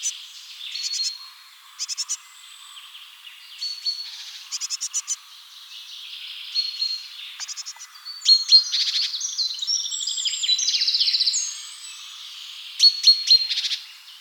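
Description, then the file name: Great tit calls in short bursts of buzzy clicks, spaced a few seconds apart, with thin whistled notes in the background. "Parus major"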